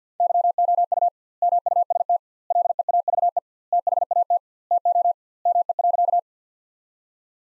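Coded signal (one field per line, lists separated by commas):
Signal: Morse code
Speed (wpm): 50 wpm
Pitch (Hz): 700 Hz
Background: none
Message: YOU MUST LEAVE THAT TO ME.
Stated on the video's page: Morse practice sentences from the top 400 words at 50 wpm with 2x standard word spacing, a word-based analogue of Farnsworth spacing.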